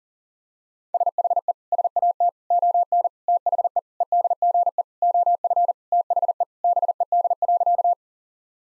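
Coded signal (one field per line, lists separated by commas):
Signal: Morse code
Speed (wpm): 40 wpm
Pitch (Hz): 700 Hz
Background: none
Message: SHE SAT ON THE EDGE OF THE BED.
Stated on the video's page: Morse code practice sentences for head-copy at 40 wpm.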